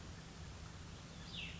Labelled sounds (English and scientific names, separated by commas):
Cassin's Vireo (Vireo cassinii)